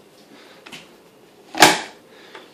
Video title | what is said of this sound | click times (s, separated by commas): Duty setup PART 2 OF 2 | you can kind of hear it snap in that's this little lever right here kind of kicking in | 1.6 s